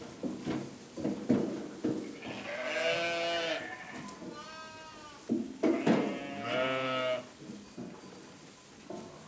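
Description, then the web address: Sheep giving three shaky bleats, the middle one fainter, over soft pattering sounds. Ewe. "etresapoilsepisode 7 brebis Recoltes-de-sons"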